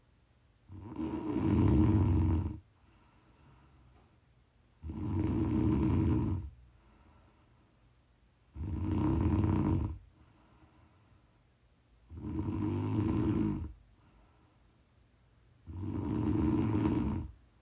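Prime ASMR snoring from an adult woman asleep: loud, low-pitched snores recurring steadily about 16 times a minute, with quiet breathing between them.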